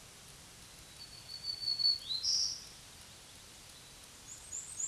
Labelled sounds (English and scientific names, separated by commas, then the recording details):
Black-throated Green Warbler (Setophaga virens) song
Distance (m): 35 m
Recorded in a Pennsylvania forest on 1 June 2023 at 08:46
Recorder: AudioMoth, point grid3_25_low
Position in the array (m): 119 m, 290 m